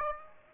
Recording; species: mosquito wingbeat signal from an infrared sensor; Aedes aegypti